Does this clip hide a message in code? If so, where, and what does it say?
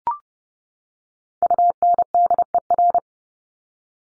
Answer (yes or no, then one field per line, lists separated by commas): yes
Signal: Morse code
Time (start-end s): 1.4-3.0 s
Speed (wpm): 30 wpm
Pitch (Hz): 700 Hz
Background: none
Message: UNDER